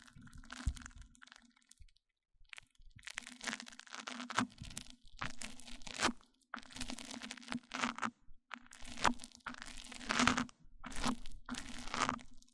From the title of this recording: MIC ON MIC Triggers